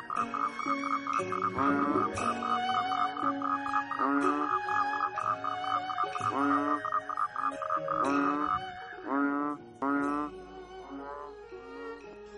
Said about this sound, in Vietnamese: Sao nay ếch nhái ở bên đó kêu ghê vậy nhỉ?